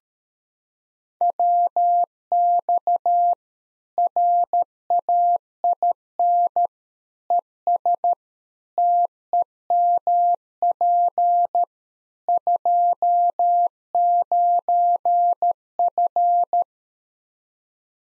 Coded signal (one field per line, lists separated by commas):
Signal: Morse code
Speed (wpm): 13 wpm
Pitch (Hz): 700 Hz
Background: none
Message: WX RAIN ES TEMP 29F